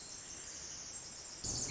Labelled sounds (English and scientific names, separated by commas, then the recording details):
Pacific Wren (Troglodytes pacificus)
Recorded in Sonoma County, California